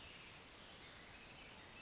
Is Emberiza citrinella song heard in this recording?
no